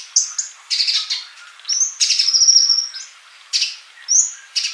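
Bird song in short bursts: sharp high chirps, a longer bright whistled phrase, then more chirps after a pause.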